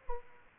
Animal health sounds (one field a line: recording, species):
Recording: mosquito wingbeat signal from an infrared sensor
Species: Aedes aegypti